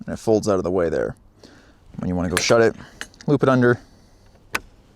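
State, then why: Seated. Someone talks while working the side latch on a camper hardtop tent, looping it under and pushing it shut. A sharp click at 4.5 seconds marks the latch locking in place.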